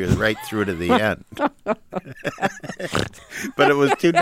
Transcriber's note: laughter